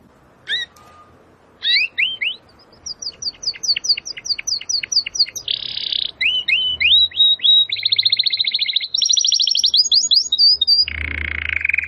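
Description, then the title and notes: Domestic canary song, a loud varied run of whistled notes, rapid trills and buzzy rattles, switching phrase types every second or two. Belgian canary singing; labelled 'Campainha'. "Canário Belga Campainha Canary Singing. Canario Belga Cantando"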